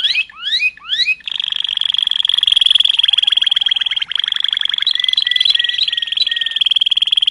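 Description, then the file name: Canary song: three rising slurred whistles, then a long, steady, rapid roll held for several seconds, with lower bubbling notes underneath. Waterslager breed canary, singing. "canto do canario waterslager"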